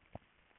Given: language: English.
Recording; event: throat vibration sensor signal played as sound; swallow